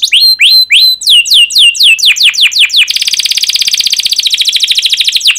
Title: Kenari Gacor Speed RAPAT Cuit Cuit Ngero L Suara Bagus Untuk Pancingan Kenari Paud Belajar Bunyi